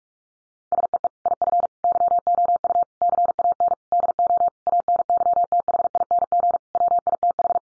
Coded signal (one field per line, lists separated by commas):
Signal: Morse code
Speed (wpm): 44 wpm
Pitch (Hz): 700 Hz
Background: none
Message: SEE IF YOU CAN DO ANYTHING WITH